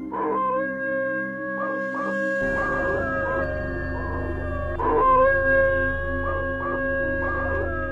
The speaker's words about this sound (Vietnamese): cho đến khi con chó đứng thẳng, nó ngửa cổ chu lên một hồi rùng mình.